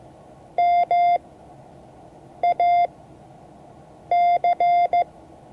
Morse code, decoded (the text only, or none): MAC